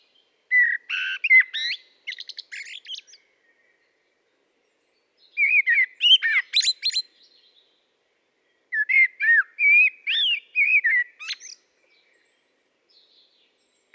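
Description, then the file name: Common blackbird song, three phrases roughly every four seconds, each a rich warbled whistle followed by thin, squeaky high notes; otherwise quiet. "Turdus merula"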